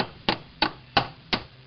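A small part, pushed halfway by hand from left to right into a steel 1911 pistol frame during reassembly, is driven further with a plastic screwdriver, used so it won't mar the frame. Four sharp, even taps land at about 0.3, 0.6, 1.0 and 1.3 seconds over a low background hum. Nothing has seated or clicked into place yet.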